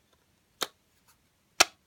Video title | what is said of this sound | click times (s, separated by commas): TCP Electronic SpringLamp CFL Adapter Bulb | and it pops right in | 1.6 s